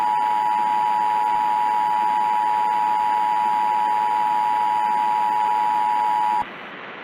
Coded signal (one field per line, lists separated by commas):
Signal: Emergency Alert System (SAME) tones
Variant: 853 and 960 Hz attention tone